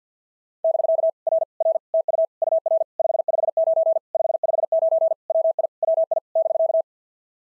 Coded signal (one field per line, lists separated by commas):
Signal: Morse code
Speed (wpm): 45 wpm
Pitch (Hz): 660 Hz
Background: none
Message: <BK> R R TU UR 559 559 WI WI <BK>